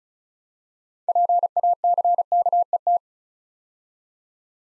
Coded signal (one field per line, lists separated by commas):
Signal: Morse code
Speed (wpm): 36 wpm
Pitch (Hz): 700 Hz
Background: none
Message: PACKET